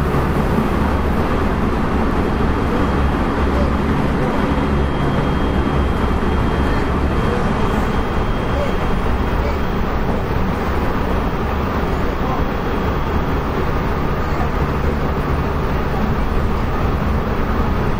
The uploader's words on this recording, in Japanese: JR西日本、223系電車の走行音です。神戸線の新快速列車にて収録しました。区間は、新大阪から三宮までです。神戸線新快速 新大阪から三宮まで。